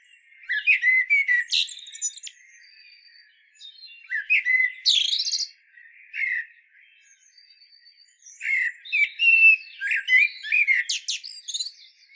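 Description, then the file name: Common blackbird song, several phrases of warbled notes mixed with sharp high squeaky twitters, quieter scratchy sounds between them. "Turdus merula"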